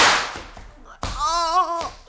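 Two sharp gunshot cracks in a radio drama, a man shooting at another, about a second apart: the first decays with a hiss, the second is followed at once by a short, wavering vocal cry.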